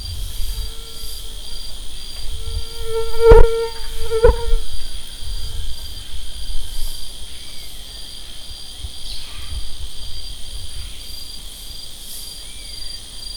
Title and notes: Sonidos de la Amazonia. Mosquito - Marasha. Registro Sonoro de selva Amazónica. Dic 2013-Ene 2014 Grabaciones por : Isabel Vanegas + Camikant